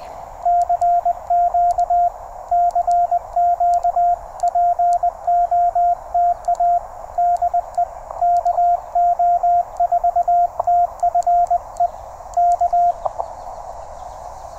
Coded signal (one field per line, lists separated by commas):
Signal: Morse code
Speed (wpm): 20 wpm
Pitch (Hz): 700 Hz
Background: radio noise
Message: CQ CQ POTA DE KO4TFE K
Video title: EVENING QRP POTA | TR-35 #cw #parksontheair #hamradio